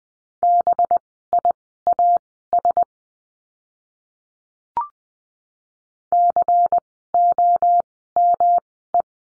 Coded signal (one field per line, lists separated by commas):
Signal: Morse code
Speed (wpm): 20 wpm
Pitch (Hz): 700 Hz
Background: none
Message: BIAS COME